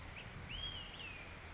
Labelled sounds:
Olive-sided Flycatcher (Contopus cooperi)
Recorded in Sonoma County, California

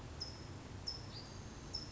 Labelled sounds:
California Towhee (Melozone crissalis)
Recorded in Sonoma County, California

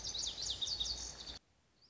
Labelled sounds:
Lazuli Bunting (Passerina amoena)
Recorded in Sonoma County, California

